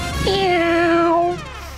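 A single drawn-out cat meow, lasting about a second, rising briefly at the start and then holding a steady, slightly whiny pitch before trailing off. No one speaks.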